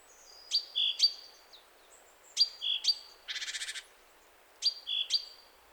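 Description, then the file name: Great tit calls: three clusters of thin high slurred notes, with one short rapid buzzy rattle in between. "Parus major"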